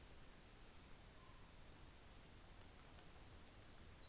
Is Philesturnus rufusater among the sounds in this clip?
no